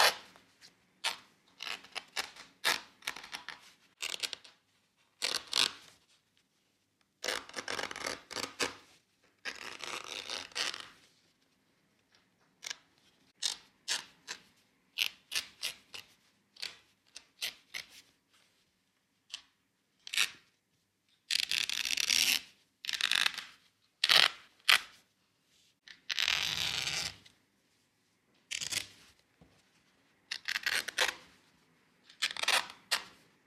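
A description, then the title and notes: A seam ripper tears through cotton fabric in short, bright ripping bursts, some quick and clustered, others longer, separated by silent pauses. ASMR seam ripper through cotton fabric. The sounds of a stitch unpicker ripping its way through the cotton fabric.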